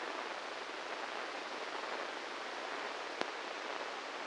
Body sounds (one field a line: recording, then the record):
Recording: brain microelectrode recording played as sound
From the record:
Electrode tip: inside the subthalamic nucleus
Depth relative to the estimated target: -4 mm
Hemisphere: right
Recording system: NeuroSet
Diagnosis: Parkinson's disease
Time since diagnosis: 8 years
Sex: male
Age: 58 years